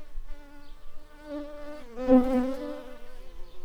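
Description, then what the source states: Shrill carder bee buzzing, a steady low hum rich in overtones that swells louder midway before easing off, with faint crackling underneath. Worker bees.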